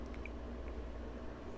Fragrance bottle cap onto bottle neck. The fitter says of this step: the top back on the arrows here you'll hear it click but I still wouldn't advise you to do that okay